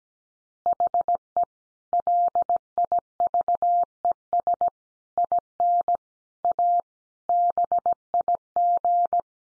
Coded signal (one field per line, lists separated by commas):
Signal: Morse code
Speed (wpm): 17 wpm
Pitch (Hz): 700 Hz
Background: none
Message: HE LIVES IN A BIG